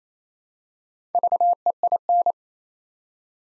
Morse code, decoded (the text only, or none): VEIN